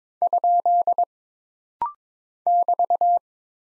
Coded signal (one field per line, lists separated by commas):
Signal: Morse code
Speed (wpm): 22 wpm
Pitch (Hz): 700 Hz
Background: none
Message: ? <BT>